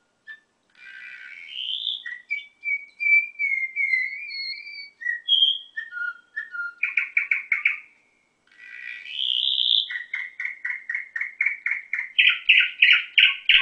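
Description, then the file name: Canary singing a varied run of rising whistles, sliding tones and rapid rattling trills, with a brief pause before more pulsed rolls and a higher buzzy phrase. Orpheus canary. "kn orpheus v 1 omkicau"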